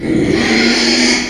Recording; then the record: squeal of a Yucatan mini pig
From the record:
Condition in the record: after surgery on the right vocal fold (resection and tissue-engineered implant); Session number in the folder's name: 2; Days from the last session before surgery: 13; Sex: male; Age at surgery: 12 weeks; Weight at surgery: 13 kg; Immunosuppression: cyclosporine, prednisolone